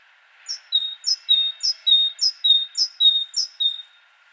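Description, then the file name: Great tit song of about seven quick two-note phrases, a bright high note then a lower whistled one, repeated evenly. "Parus major"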